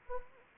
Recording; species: mosquito wingbeat signal from an infrared sensor; Anopheles arabiensis